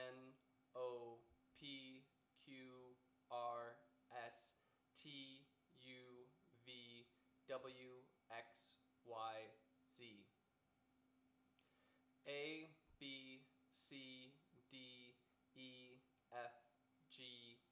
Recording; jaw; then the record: letters of the alphabet, spoken; free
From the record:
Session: first day, before the bite bar